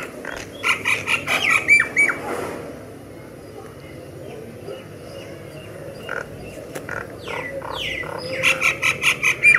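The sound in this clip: Myna calls: rapid series of short, harsh chattering notes at the start and again at the end, with a quieter stretch of faint scattered notes between.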